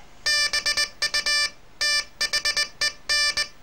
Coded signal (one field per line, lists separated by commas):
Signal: Morse code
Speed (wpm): 19 wpm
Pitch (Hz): 1750 Hz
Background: none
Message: BU THEN